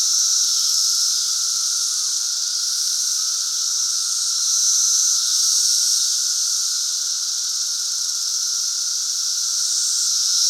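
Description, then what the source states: Massed periodical cicada chorus, a continuous shrill hiss over a constant lower buzzing tone, swelling gently in loudness a few times. Central Illinois; 2024 cicada super bloom.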